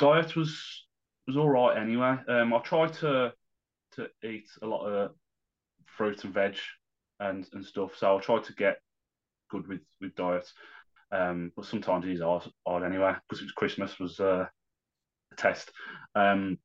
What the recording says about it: Stroke at 33. I can't get the words out properly sometimes. I think I've got aphasia and apraxia as well.